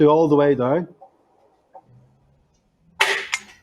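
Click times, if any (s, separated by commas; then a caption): 3.0 s. Someone talks as a component of a patient hoist frame is lowered all the way down, and its locking joint locks in with a loud knock-click at 3.0 s, followed by a second, shorter knock at 3.3 s. The part is seated.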